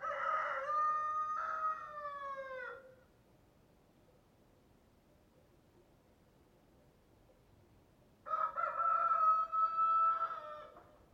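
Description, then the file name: Chicken: two rooster crows several seconds apart. The first has a falling, drawn-out ending. The second is a strident, steady cock-a-doodle-doo. "Rooster Crowing Sound"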